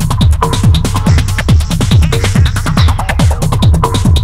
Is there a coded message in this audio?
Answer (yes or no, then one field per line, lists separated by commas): no